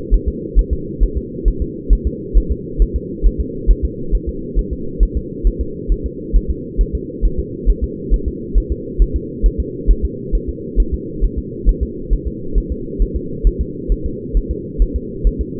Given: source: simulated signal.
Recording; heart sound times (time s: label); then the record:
fetal heart sounds
0.14 s: S1
0.28 s: S2
0.59 s: S1
0.73 s: S2
1.03 s: S1
1.18 s: S2
1.48 s: S1
1.62 s: S2
1.93 s: S1
2.07 s: S2
2.37 s: S1
2.52 s: S2
2.82 s: S1
2.96 s: S2
3.26 s: S1
3.41 s: S2
3.71 s: S1
3.85 s: S2
4.15 s: S1
4.29 s: S2
4.59 s: S1
4.73 s: S2
5.03 s: S1
5.17 s: S2
5.47 s: S1
5.61 s: S2
5.92 s: S1
6.06 s: S2
6.36 s: S1
6.51 s: S2
6.81 s: S1
6.95 s: S2
7.25 s: S1
7.39 s: S2
7.70 s: S1
7.84 s: S2
8.14 s: S1
8.28 s: S2
8.58 s: S1
8.72 s: S2
9.02 s: S1
9.16 s: S2
9.46 s: S1
9.60 s: S2
9.91 s: S1
10.05 s: S2
10.35 s: S1
10.49 s: S2
10.80 s: S1
10.94 s: S2
11.24 s: S1
11.39 s: S2
11.69 s: S1
11.83 s: S2
12.13 s: S1
12.27 s: S2
12.58 s: S1
12.72 s: S2
13.02 s: S1
13.16 s: S2
13.47 s: S1
13.61 s: S2
13.92 s: S1
14.06 s: S2
14.37 s: S1
14.51 s: S2
14.82 s: S1
14.96 s: S2
15.27 s: S1
15.41 s: S2
From the record:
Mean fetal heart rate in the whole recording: 135 bpm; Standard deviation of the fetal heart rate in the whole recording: 3 bpm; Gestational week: 36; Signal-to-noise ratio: -4.3 dB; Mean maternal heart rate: 72 bpm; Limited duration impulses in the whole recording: absent